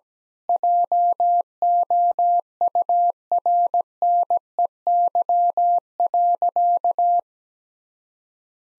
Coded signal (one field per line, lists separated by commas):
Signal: Morse code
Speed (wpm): 17 wpm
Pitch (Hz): 700 Hz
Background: none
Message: JOURNEY.